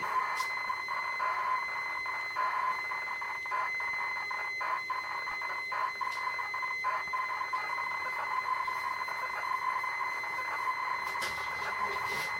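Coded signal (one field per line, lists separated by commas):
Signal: ZX Spectrum tape loading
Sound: harsh continuous buzzing screech of tape data, steady throughout with brief dips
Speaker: I'm going to hit return from my Speccy. Hit play. And let it do its thing. So if all goes well, my picture here momentarily should pop up.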